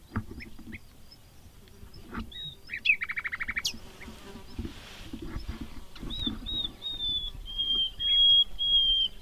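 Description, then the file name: Common nightingale song: scattered short notes, a fast dry rattle, then long drawn-out pure whistles near the end, over steady background noise. "Luscinia megarhynchos"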